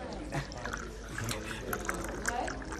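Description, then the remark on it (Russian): Water pours into a glass in a steady, gurgling stream lasting a few seconds, moderately loud, with faint voices murmuring underneath. “Вы просили воды.”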